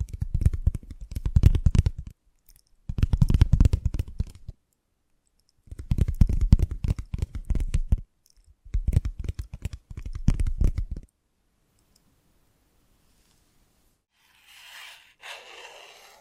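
Invisible tapping and scratching come in four dense bursts of rapid clicks, each about two seconds long with short silent gaps between, full and low with crisp ticks on top. After about eleven seconds it goes quiet, then a soft, airy brushing sound rises near the end.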